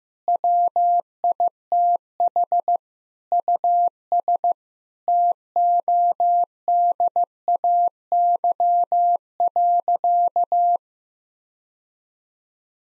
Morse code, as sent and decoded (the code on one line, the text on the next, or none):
.-- .. - .... / ..- ... / - --- -.. .- -.-- .-.-.-
WITH US TODAY.